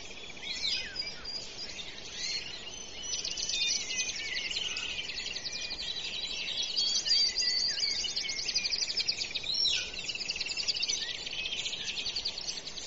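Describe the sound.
Birds chirping in a busy chorus, with high twittering notes and buzzy trills overlapping almost continuously, set against a steady background hiss.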